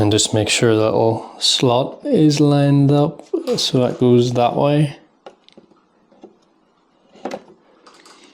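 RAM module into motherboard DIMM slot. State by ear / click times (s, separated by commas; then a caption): not seated / none. A RAM module is lined up with a motherboard DIMM slot after the slot latches are opened, with the stick's notch aligned to the slot's key before it is pressed down. Someone talks for the first five seconds, followed by quiet faint handling taps and a slightly louder knock near 7.3 seconds. Nothing has seated or clicked yet.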